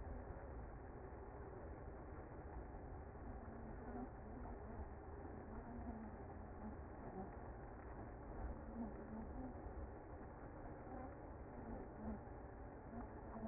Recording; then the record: honeybee colony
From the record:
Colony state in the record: active